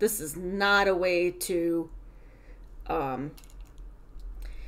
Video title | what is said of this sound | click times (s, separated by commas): Boye Ergonomic and Bamboo Pop Reviews #yarnreview #crochet #toolreview | because it doesn't lock in at the in the bottom part of the handle either | none